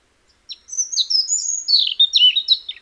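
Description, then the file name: European robin delivering one continuous, silvery phrase of high whistles and fluttering trills, wavering up and down before sliding lower at the close. "Erithacus rubecula"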